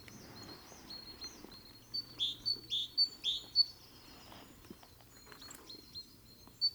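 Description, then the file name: Great tit giving a few high sharp call notes in a short run, over steady background noise. "Parus major"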